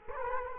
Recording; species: mosquito wingbeat signal from an infrared sensor; Culex quinquefasciatus